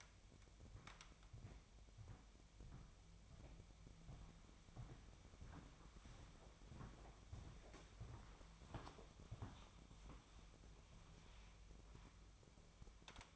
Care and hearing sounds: daily activity, microphone in the room; walk to room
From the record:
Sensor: 1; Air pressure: 999.9 hPa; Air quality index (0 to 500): 129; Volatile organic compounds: 2 ppm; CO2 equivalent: 1226 ppm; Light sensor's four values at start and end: 36/89/38/47 and 35/89/36/46

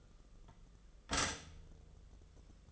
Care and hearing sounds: daily activity, microphone in the room; stop toaster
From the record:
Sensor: 4

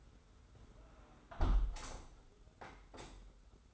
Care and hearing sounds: daily activity, microphone in the room; close window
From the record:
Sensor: 3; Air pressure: 991.2 hPa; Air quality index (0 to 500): 114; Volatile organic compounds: 70 ppm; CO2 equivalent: 3515 ppm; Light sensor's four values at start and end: 47/131/53/47 and 47/131/53/47

